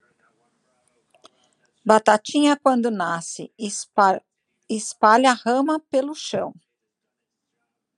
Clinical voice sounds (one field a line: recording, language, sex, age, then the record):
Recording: short text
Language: Brazilian Portuguese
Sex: female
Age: 50 to 59 years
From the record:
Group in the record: control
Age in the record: 50 years